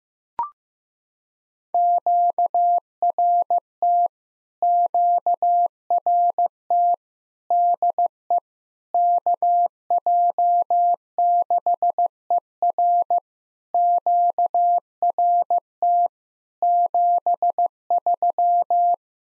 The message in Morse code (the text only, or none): QRT QRT DE KJ6ER QRT 73